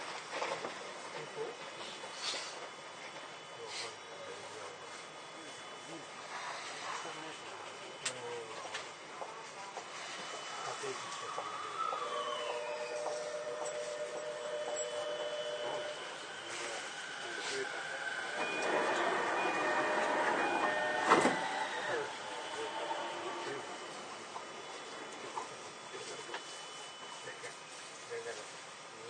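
Interior of a Toei 10-300 series train running on the line toward Takaosanguchi, with a steady rumble and rattling throughout. Tonal whines rise and hold around 12–16 seconds and again near 18–22 seconds, while voices murmur intermittently in the background.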